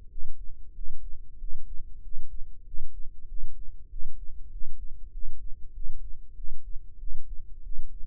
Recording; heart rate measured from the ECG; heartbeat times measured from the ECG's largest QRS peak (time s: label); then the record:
heart sounds by microphone in the left ear; 96 bpm
0.08 s: heartbeat
0.73 s: heartbeat
1.37 s: heartbeat
2.01 s: heartbeat
2.64 s: heartbeat
3.26 s: heartbeat
3.88 s: heartbeat
4.49 s: heartbeat
5.11 s: heartbeat
5.72 s: heartbeat
6.34 s: heartbeat
6.97 s: heartbeat
7.62 s: heartbeat
From the record:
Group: healthy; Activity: rest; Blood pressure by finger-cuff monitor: 96/65 mmHg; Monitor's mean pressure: 75 mmHg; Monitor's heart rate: 97 bpm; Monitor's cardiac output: 7.6 L/min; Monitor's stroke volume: 80 mL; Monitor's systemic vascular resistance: 700 dyn s/cm5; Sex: male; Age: 19 years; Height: 178 cm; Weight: 83 kg